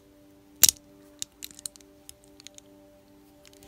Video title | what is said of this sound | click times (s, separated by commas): Bepuzzled 3D Crystal Puzzle- Panda and Baby- Tutorial Version | here I'm just going to snap into place then | 0.6 s